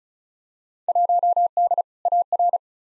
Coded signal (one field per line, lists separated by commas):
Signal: Morse code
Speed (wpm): 34 wpm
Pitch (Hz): 700 Hz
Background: none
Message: 1D AR